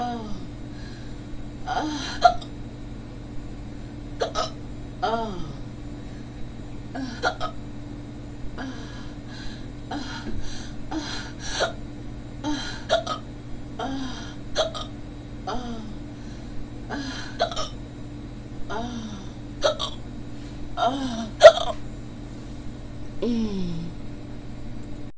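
An adult hiccuping repeatedly.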